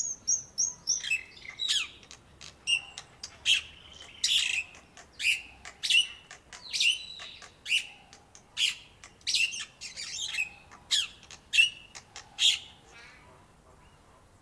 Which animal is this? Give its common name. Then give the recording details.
Black-winged Starling. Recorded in captivity. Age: adult. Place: Zoo Berlin, Berlin, DE. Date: 1997-12-23 10:00. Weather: overcast, hazy, ca. 1-2°C. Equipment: Nagra SN, Kopie Uher 4000 Report Monitor. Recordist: Tembrock, Günter